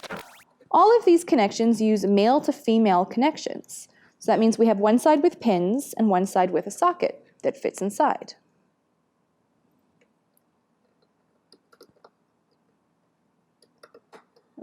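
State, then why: Not seated. Someone talks for about eight seconds, then it goes quiet apart from faint, soft handling ticks between about 11.5 and 14.7 seconds. A plastic male/female wire connector, one side with pins and the other with a socket, is handled and oriented the right way around before being pushed into its mating socket connector, with emphasis on checking the orientation. Nothing has seated or clicked yet.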